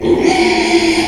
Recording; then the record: squeal of a Yucatan mini pig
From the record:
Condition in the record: after surgery on the right vocal fold (resection and tissue-engineered implant); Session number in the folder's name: 2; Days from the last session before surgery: 13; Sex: male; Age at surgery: 12 weeks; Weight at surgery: 13 kg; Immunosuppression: cyclosporine, prednisolone